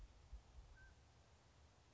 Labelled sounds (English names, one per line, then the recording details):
Mountain Quail
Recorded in Sonoma County, California